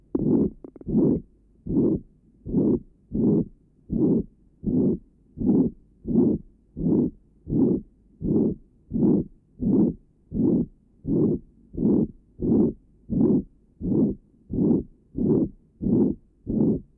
Patient with ventricular septal defect. Recording taken at left sternal edge. Note the pansystolic murmur at this area.